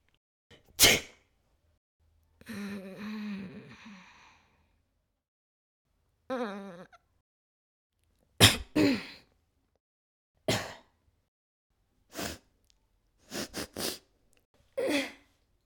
Sneeze And Other Sick Mouth Sounds.